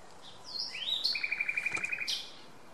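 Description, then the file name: Common nightingale song: sweeping slurred notes lead into a fast, even trill of rapid clicks, finished with a short high note. "Luscinia megarhynchos"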